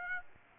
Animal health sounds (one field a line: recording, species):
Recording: mosquito wingbeat signal from an infrared sensor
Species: Aedes aegypti